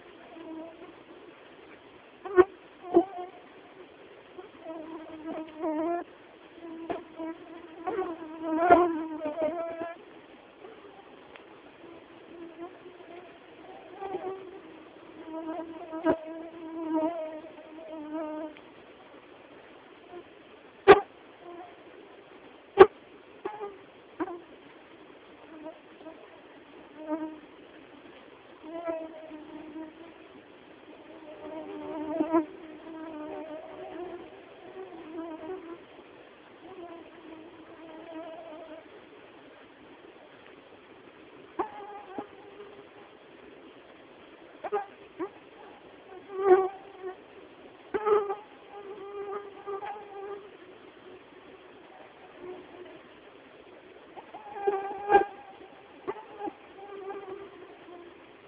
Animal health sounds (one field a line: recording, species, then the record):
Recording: mosquito flight sound by mobile phone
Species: Anopheles quadrimaculatus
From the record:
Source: Auburn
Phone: Samsung T209